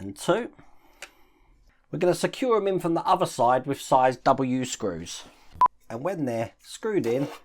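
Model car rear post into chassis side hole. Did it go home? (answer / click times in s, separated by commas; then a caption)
yes / 1.0 s. The second post of a 1:8 scale James Bond Aston Martin DB5 model is clipped into its hole on the side of the rear chassis section, seating with one clear click at 1.0 s. Someone talks before and after the click, and a short tonal beep sounds near 5.6 s.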